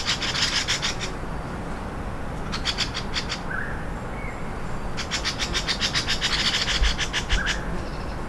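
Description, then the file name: Grey-sided scimitar babbler giving a scolding alarm: fast, scratchy rattles in three bouts, the last one long and dense, over constant low background noise. Alarm call recorded at Dai Yun Shan, Fujian, in May 2012. "Grey Sided Scimitar Babbler Alarm Call 120508-003 Fujian Dai Yun Shan"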